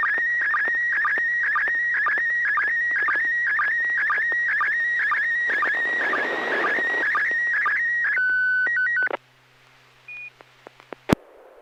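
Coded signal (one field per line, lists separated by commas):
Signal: SSTV (slow-scan television)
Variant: PD120 mode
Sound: warbling tone sweeping mid-high pitch with brief regular low blips, then steady alternating tones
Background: low hum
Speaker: okay this will be pd 120 n6pq so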